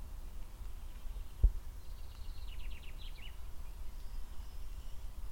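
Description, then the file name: Eurasian blackcap song, a quick, faint run of notes lasting about a second and a half, after one dull thud, over a constant low background rumble. "Sylvia atricapilla"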